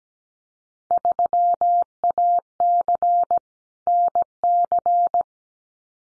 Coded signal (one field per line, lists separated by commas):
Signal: Morse code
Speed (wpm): 17 wpm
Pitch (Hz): 700 Hz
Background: none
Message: 3AC NC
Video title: Field Day Exchange Encore 17wpm